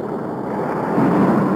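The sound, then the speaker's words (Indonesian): Ocean waves of the southern sea crash in a steady, rumbling wash of low roaring noise that swells a little louder partway through, with no voices. “Di antara deburan ombak laut selatan, Kayan Manggala sayup-sayup mendengar suara orang yang tengah bertempur.”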